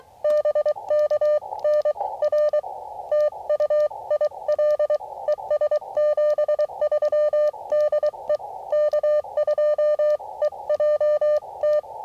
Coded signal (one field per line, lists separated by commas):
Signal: Morse code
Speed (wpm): 24 wpm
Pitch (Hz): 600 Hz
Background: none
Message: BK N R TU IL ES 73 DE K2EJT